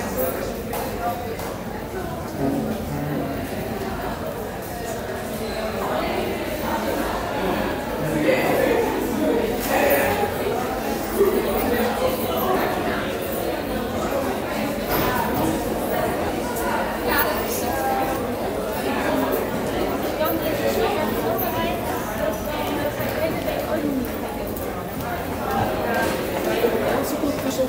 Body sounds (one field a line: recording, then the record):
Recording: background sound without coughing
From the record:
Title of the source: 40 min - Ambience sounds UNIVERSITY lunchroom chatting